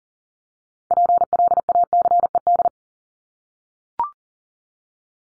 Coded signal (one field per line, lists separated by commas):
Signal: Morse code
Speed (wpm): 40 wpm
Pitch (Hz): 700 Hz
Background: none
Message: PLACED